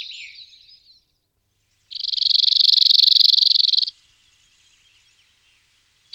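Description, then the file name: Cirl bunting trill: a fast, dry, even rattle held for about two seconds, after a fading sound at the start and a pause; another begins at the very end. "Zigolo nero"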